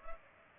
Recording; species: mosquito wingbeat signal from an infrared sensor; Culex pipiens